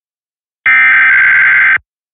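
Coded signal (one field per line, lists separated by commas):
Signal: Emergency Alert System (SAME) tones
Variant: header bursts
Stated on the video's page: Fictional EAS scenario.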